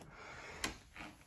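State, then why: Seated. A rider places the tip of a bike shoe cleat into the front of a clipless pedal on a Peloton bike, puts weight on it and rotates the foot in. The cleat clicks into the pedal with a sharp, bright click at 0.6 s, followed by a softer sound around 1.0 s. The cleat is seated in the pedal.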